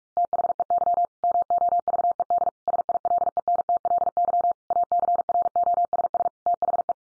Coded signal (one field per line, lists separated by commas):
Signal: Morse code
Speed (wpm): 44 wpm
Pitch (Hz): 700 Hz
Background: none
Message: THEY MOVED SILENTLY ACROSS THE